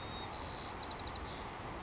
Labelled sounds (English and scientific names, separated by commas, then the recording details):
White-crowned Sparrow (Zonotrichia leucophrys)
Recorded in Sonoma County, California